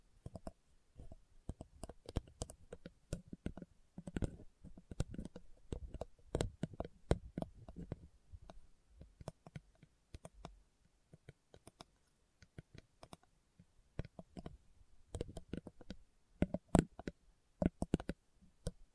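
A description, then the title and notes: Slow, uneven tapping: sharp, dry clicks land one at a time or in short clusters, a few per second, with a thud beneath some strikes. The taps thin out into a near-silent pause around the middle, then resume and grow somewhat louder toward the end. ASMR Slow Tapping for Deep Sleep (No Talking).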